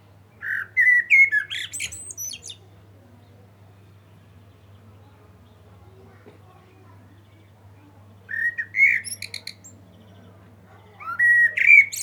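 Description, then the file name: Common blackbird singing rich whistled phrases that break into thin, high chattering notes, with a long quiet gap between phrases. "Turdus merula"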